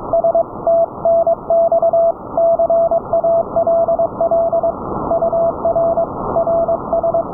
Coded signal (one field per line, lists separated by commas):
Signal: Morse code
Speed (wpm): 22 wpm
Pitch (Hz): 670 Hz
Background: none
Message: S TNX CALL UR RS